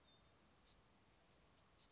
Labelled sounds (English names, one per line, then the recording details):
Blue-gray Gnatcatcher
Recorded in Sonoma County, California